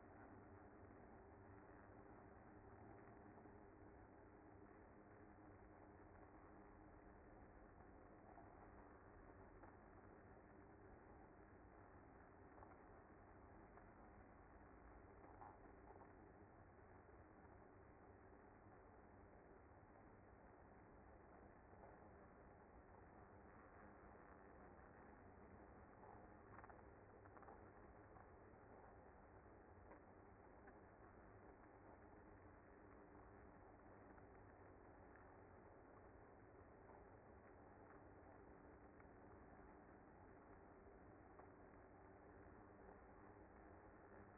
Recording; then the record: honeybee colony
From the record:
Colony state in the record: active